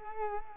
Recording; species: mosquito wingbeat signal from an infrared sensor; Culex quinquefasciatus